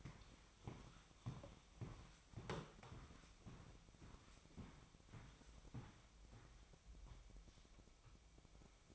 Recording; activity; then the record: daily activity, microphone in the room; walk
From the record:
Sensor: 1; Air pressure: 1001.7 hPa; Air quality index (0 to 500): 222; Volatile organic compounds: 30 ppm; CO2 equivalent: 2959 ppm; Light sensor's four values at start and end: 9/33/12/13 and 9/33/12/14